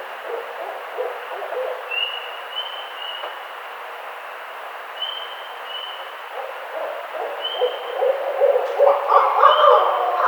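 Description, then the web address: Barred owl hoots at the start and swelling near the end, with high whistled notes repeating between them over a steady hiss. Recorded on 18 April 2009. "Barred Owl 2009 04 18 Barred Owl 01"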